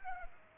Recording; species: mosquito wingbeat signal from an infrared sensor; Culex pipiens